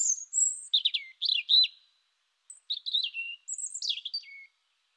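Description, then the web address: European robin singing, high tinkling whistles and quick trills in two rapid phrases with a short pause between, notes sliding down at phrase ends. "annee nature rougegorge"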